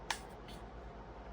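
A part of a pistol is pushed into the back slot of an Ancillary Defense Shroud 33, an SMG-style polymer shroud chassis, and seats with a single sharp, bright click at 0.1 s. Faint, soft high-pitched rustles follow over a low steady background hum. The part is connected and seated in the chassis.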